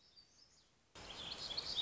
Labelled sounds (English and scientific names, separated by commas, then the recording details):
Black-throated Gray Warbler (Setophaga nigrescens)
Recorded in Sonoma County, California